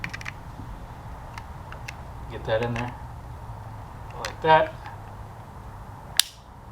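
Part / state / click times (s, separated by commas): second plastic side piece onto the key fob body / seated / 6.2 s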